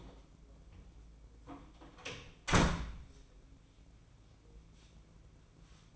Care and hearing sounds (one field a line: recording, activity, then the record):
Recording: daily activity, microphone in the room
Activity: close door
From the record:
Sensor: 1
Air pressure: 1012.4 hPa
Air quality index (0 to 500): 166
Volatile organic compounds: 3 ppm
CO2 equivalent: 1362 ppm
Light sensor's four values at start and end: 585/1374/607/732 and 589/1383/611/736